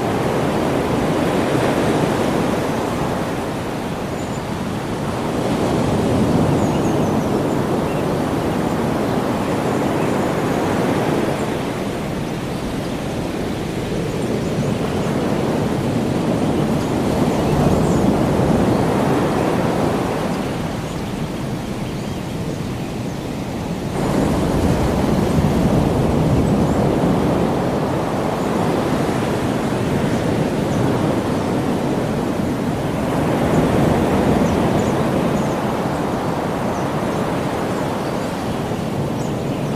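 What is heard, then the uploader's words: Ocean surf rolls in with a continuous low roar, swelling and easing in broad waves roughly every five to six seconds. The wash is dense and full, strongest in the low and middle range, with a brief dip near the twenty-four second mark. Ocean Sounds In Hawaii.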